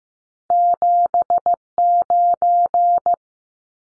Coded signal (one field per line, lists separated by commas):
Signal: Morse code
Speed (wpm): 15 wpm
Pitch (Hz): 700 Hz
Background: none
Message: 79